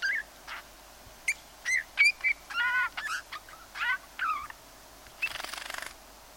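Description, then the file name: Eurasian bullfinch calls: short whistled and nasal harmonic notes in a loose string, ending with a brief rough buzzy rattle over faint background hiss. "Pyrrhula pyrrhula"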